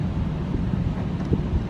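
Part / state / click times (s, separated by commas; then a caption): wiring harness connector into power window/mirror switch / not seated / none. Wiring harness plugs are handled at the new plastic power window and mirror switches of a 2002 Chevy S-10 Xtreme during a power window switch replacement. A steady, broadband, wind-like rumble runs through the clip with only faint soft bumps and no distinct click. Nothing has seated or clicked into place yet.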